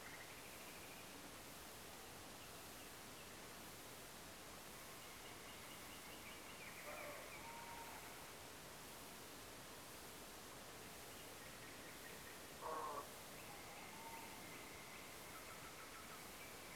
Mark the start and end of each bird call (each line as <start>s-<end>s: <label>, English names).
0.03s-1.02s: Common Nightingale
5.00s-7.39s: Common Nightingale
7.37s-7.97s: Tawny Owl
11.40s-12.31s: Common Nightingale